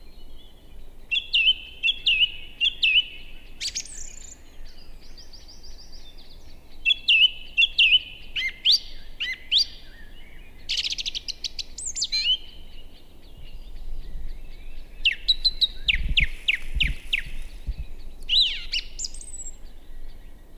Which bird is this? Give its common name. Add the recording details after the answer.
Song Thrush. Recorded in the wild. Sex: male. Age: adult. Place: Bernau bei Berlin, Barnim, Brandenburg, DE. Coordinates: 52.6958, 13.5256. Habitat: wood. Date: 2007-04-07 19:54. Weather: fair, 10°C, almost no wind. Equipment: Sound Devices 702, Sennheiser MKH 70, Windkorb. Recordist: Frommolt, Karl-Heinz